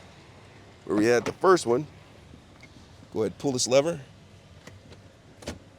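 Someone talks while handling the folded rear seat back of a Kia Telluride, pulling the seat lever to raise it toward its latch in the seat frame striker, with faint soft taps and handling noise. The seat back has not latched or clicked into place yet.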